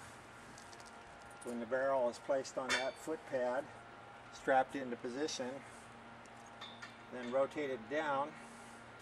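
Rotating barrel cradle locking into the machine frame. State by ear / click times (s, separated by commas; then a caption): not seated / none. A barrel strapped onto the foot pad of a metal Bokashi compost harvest machine sits in its rotating cradle, with the locking pin removed, ready to be rotated down into the steel frame. Someone talks in short bursts over a steady low hum. Nothing has locked or clicked into place yet.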